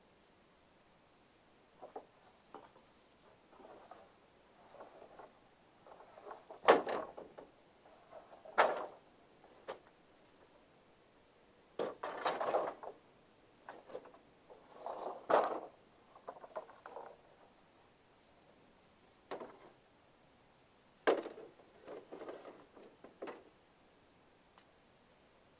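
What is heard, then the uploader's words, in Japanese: Dry wooden knocks and creaks come in irregular bursts, with a few sharp clacks near seven, nine, twelve and twenty-one seconds, over quiet. 晴れ。夕方17時少し薄暗くなってきた。イネの天日干しの脱穀を終え、イネを干すために使った棒(ハゼ棒)を屋根の下に片付ける。乾いた木の音が心地よい。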